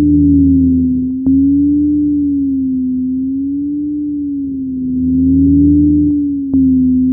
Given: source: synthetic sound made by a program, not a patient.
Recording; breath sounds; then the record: synthetic breath sounds; monophonic wheeze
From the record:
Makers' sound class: wheeze